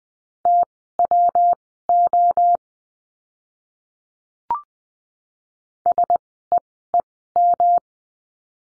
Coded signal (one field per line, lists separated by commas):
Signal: Morse code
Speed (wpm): 20 wpm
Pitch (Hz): 700 Hz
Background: none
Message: TWO SEEM